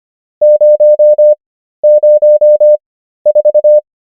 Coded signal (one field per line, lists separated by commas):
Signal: Morse code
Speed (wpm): 25 wpm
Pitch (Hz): 600 Hz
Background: none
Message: 004